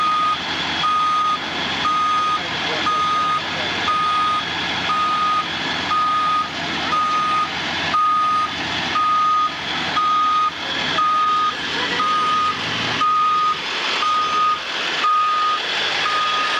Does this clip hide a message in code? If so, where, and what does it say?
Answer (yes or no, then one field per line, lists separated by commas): no